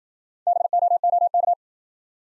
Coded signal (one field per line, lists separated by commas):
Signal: Morse code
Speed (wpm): 55 wpm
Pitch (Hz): 700 Hz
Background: none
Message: BOOK